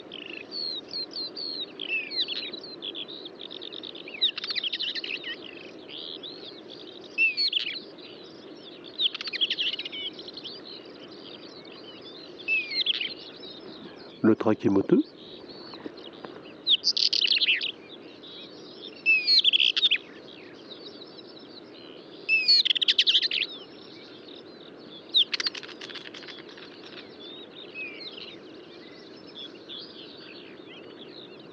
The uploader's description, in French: lever du jour à l'écoute des oiseaux au col du Granon (2400 m altitude) dans les Hautes Alpes au-dessus de Briançon